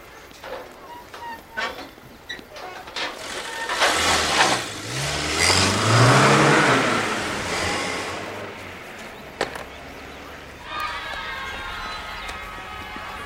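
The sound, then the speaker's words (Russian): A car pulls up at gates that have just been opened, its engine swelling into a loud, rising rev that holds for several seconds before settling down, with faint clatter and sharp knocks around it. “Интересно, кто это приехал?”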